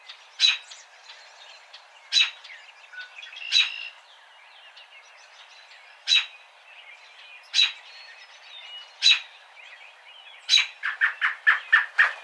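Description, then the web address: American robin calls: sharp chip notes spaced irregularly every second or two, ending in a quick run of rapid chips. Recorded 3 May 2007. "American Robin 2007 05 03"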